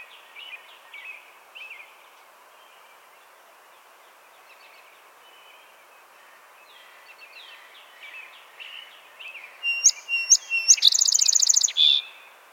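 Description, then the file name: Song sparrow song arriving late: sharp notes followed by a fast trill, after a long stretch of faint, scattered high chirps. "Melospiza melodia - Song Sparrow"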